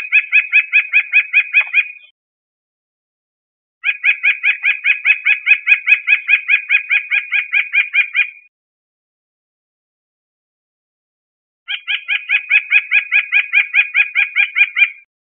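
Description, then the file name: White-breasted nuthatch giving three rapid runs of nasal, evenly repeated notes separated by pauses of a few seconds, each run lasting a few seconds. "CR WBNU 2 050501"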